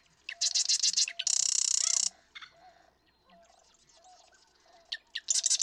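Marsh Wren song: buzzy, rattling trills of rapid notes, with a dense harsh burst in the middle and another rattle at the end; faint low ticking throughout.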